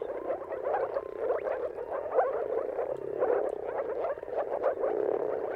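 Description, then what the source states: Chorus of moor frogs, a steady wash of low gurgling, bubble-like calls from many animals at once. Mating calls of many moor frogs at sunrise, a spectacle seen at the turn of March and April depending on the weather.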